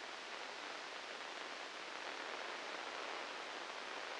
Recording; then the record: brain microelectrode recording played as sound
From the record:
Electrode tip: inside the subthalamic nucleus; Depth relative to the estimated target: 1 mm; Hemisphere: left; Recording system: NeuroSet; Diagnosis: Parkinson's disease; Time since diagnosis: 8 years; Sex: male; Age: 37 years